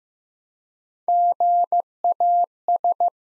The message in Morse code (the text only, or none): GAS